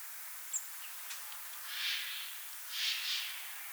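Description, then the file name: Eurasian jay uttering two rough, breathy screeches about a second apart, the second slightly doubled, with faint clicks before them. "Garrulus glandarius"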